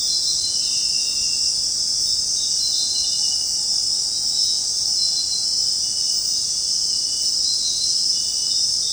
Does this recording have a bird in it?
no